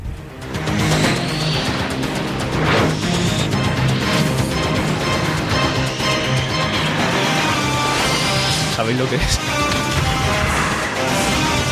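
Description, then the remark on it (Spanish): The loud, energetic opening theme of the X-Men cartoon series, shown on Antena 3, plays throughout, with driving instruments and crashing, impact-like hits layered over the music. A voice briefly speaks a short question near the start. “Es X-Men. Los dibujos, esa serie tan basura.”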